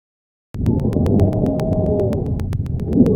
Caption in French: Le sibilant est un bruit continu musical dont la fréquence fondamentale est supérieure à 400 Hz. Il s'agit ici d'un sibilant polyphonique, entendu à l'inspiration et à l'expiration.